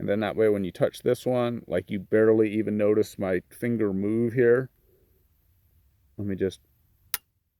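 Someone talks, then a light touch on the front trigger of a muzzleloader lock, after the rear set trigger has been pulled to take the slack out of the sear, trips the sear with a sharp metallic click at 7.1 s. The hammer is held at the half-cock position, so it does not fall.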